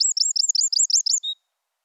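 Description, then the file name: Eurasian wren song fragment: a quick run of several sharp, high, slurred notes repeated evenly, ending on one short thin note, with no other sounds. "Troglodytes troglodytes"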